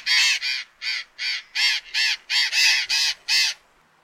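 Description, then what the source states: Burrowing Parakeet calls: ten harsh, scratchy squawks in a quick series, about two or three each second, ending abruptly; no other sounds. Roams dry, open country in Chile and Argentina in search of seeds and fruit; nests colonially in burrows in sandstone and limestone cliffs.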